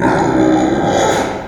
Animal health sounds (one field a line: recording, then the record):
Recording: squeal of a Yucatan mini pig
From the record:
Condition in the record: before surgery on the right vocal fold (resection and tissue-engineered implant)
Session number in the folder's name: 1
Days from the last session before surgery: -21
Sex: female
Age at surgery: 19 weeks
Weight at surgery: 25 kg